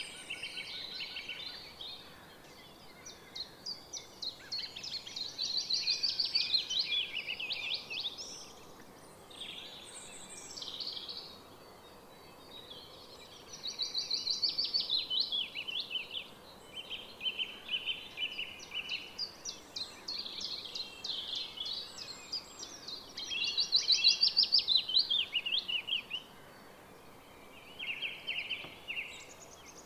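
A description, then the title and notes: Songbirds sing almost without pause, with a willow warbler among them: bright, tumbling phrases rising and falling, loudest around six, fifteen and twenty-four seconds. Other birds chip and trill in between, over a soft, steady outdoor hush with nothing low-pitched. WILLOW WARBLER & OTHERS. Featured songbirds include Willow Warbler, Song Thrush and Chiffchaff among others.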